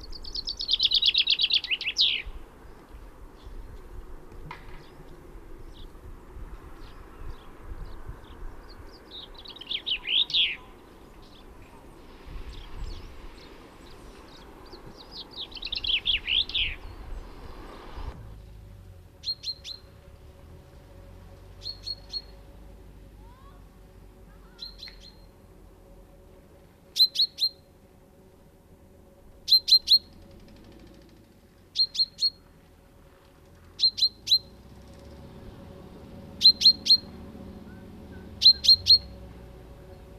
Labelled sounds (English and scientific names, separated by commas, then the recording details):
Common Chaffinch (Fringilla coelebs)
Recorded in the wild
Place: Ehrwald, Tirol, AT
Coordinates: 47.4261, 10.4911
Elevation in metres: 1213
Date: 1969-04-05
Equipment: Nagra
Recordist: Tretzel, Erwin
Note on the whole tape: Obermoos, Ehrwald: Gesang mit Rufen